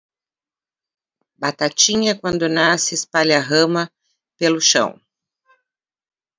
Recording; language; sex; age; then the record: short text; Brazilian Portuguese; female; 50 to 59 years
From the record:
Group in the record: control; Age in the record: 58 years